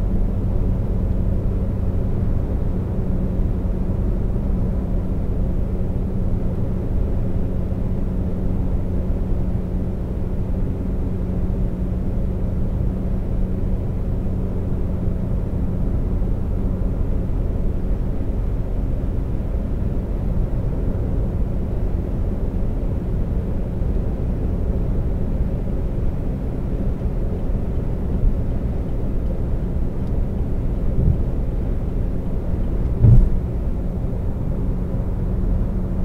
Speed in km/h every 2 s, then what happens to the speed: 132, 132, 132, 132, 132, 132, 132, 132, 132, 132, 132, 132, 132, 130, 130, 129, 129, 129.
0-36 steady at about 132.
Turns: none.